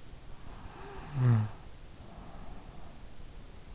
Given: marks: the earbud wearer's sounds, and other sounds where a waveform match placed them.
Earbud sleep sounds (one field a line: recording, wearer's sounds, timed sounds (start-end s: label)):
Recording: sounds in sleep by an in-ear microphone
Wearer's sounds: snoring breath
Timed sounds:
0.38-3.00 s: snoring breath